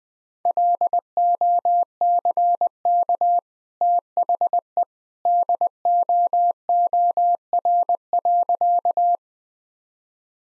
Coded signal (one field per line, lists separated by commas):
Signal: Morse code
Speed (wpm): 20 wpm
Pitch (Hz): 700 Hz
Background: none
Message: LOCK THE DOOR.